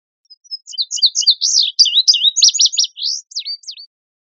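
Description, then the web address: Indigo Bunting song: a quick run of high, sweet slurred notes, several given in pairs, ending with a few sharp downslurred notes; no other sounds. "birdvocals CR INBU"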